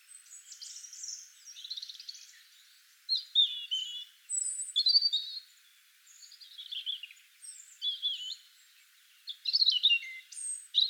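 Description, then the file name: European robin song in varied bursts of high, sweet warbled and trilled phrases separated by short pauses, with faint background hiss. "Erithacus rubecula"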